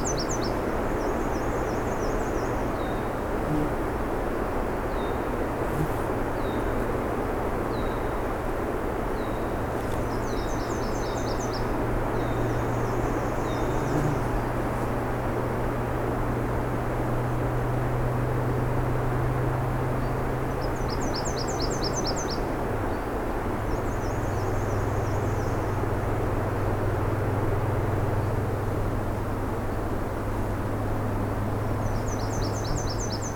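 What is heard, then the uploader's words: Black-and-white Warblers repeat thin, high buzzy trills every few seconds over a steady low drone of traffic or aircraft along the road. We’re continuing along the road allowance that skirts the edge of the national park lands. Black-and-white Warblers, Red-winged Blackbirds, Blue Jays, and more.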